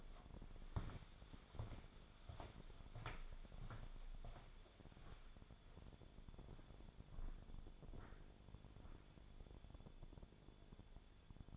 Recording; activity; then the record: daily activity, microphone in the room; walk to room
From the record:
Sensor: 5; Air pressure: 1000.0 hPa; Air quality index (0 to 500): 88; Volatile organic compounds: 1 ppm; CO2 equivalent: 724 ppm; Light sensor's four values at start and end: 632/1189/619/764 and 335/832/348/391